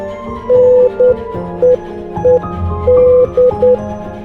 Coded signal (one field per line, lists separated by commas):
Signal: Morse code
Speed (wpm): 10 wpm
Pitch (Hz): 500 Hz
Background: music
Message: NEED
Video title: Using Morse Code When The SHTF